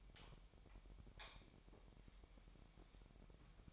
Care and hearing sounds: daily activity, microphone in the room; light on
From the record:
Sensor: 1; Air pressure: 1012.0 hPa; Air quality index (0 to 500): 232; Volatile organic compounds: 6 ppm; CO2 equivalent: 1853 ppm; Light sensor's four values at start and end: 13/31/13/15 and 16/44/18/19

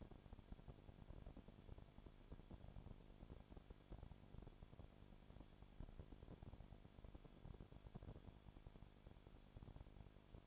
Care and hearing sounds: daily activity, microphone in the room; no activity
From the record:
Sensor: 5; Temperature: 20.2 degrees Celsius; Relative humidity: 36.5%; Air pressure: 1001.2 hPa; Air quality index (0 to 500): 176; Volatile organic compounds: 4 ppm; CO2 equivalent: 1607 ppm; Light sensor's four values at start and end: 2/3/1/1 and 2/3/1/1

